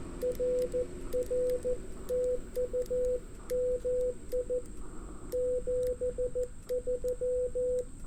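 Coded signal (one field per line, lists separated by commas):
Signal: Morse code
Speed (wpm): 14 wpm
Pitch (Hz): 510 Hz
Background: radio noise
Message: RR TU MI 73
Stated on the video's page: 18 WPM CW park activation using an IC-705 with Ashi paddle, homebrew 49:1 inverted-L on a 31 ft pole, battery powered.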